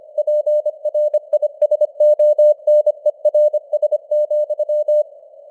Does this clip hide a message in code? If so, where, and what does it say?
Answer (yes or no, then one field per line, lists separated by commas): yes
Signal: Morse code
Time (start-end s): 0.2-5.0 s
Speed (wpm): 25 wpm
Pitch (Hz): 600 Hz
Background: none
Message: PRISONERS,